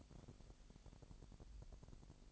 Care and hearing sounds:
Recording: daily activity, microphone in the room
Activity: take from stove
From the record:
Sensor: 5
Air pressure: 1002.0 hPa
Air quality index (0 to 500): 301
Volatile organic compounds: 48 ppm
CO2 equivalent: 3263 ppm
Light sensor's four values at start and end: 20/43/19/21 and 21/43/19/22

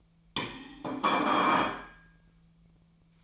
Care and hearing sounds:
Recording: daily activity, microphone in the room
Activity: place plate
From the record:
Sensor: 1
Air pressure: 1009.4 hPa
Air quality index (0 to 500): 195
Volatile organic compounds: 19 ppm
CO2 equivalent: 2666 ppm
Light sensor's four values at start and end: 29/74/31/37 and 29/74/31/37

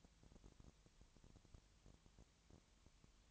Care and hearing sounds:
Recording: daily activity, microphone in the room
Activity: no activity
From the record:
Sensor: 3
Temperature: 20.6 degrees Celsius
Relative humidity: 34.7%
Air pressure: 1007.2 hPa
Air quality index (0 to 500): 137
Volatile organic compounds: 3 ppm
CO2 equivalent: 1527 ppm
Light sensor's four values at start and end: 2/3/2/2 and 2/3/2/2

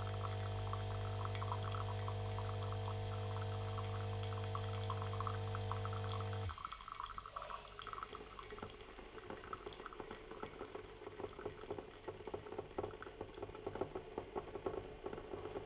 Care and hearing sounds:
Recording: daily activity, microphone in the room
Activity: make coffee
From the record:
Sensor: 4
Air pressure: 1005.0 hPa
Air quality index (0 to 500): 186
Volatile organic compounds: 5 ppm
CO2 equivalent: 1822 ppm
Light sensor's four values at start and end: 19/63/24/22 and 19/64/24/22

